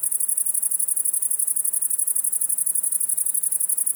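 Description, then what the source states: Great Green Bush-cricket singing a steady, very high-pitched rasping trill of rapid regular pulses, continuing without pause. Close individual about 1 m from microphones in Virginia creeper, south-facing; first of year; Fourcinet, Drôme, France, 700 m, 9 July 2018, evening, 20.4 °C; song essential for reproduction, stops around 2-3 a.m.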